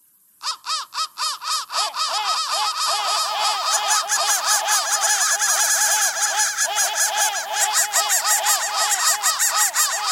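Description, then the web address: Crow calls: silence, then a few separate harsh arched caws that build into a continuous overlapping chorus of rough cawing. "soundfactory crow"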